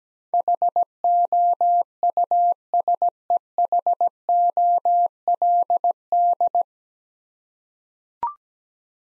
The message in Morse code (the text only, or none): HOUSEHOLD